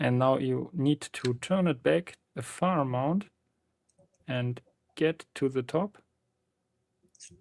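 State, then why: Released. Someone talks while the dial of a magnet-based puzzle lock is turned back and up to the top, with a couple of faint ticks around 3.9 and 4.2 seconds. At 7.2 seconds the magnetic lock mechanism gives a single sharp click as its shackle or bolt releases, and the lock can now be opened.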